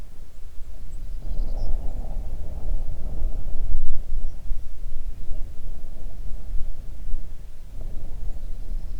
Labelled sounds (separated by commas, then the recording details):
songbird, wind
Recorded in the Arctic National Wildlife Refuge, Alaska, on 3 June 2019 at 04:32
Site 37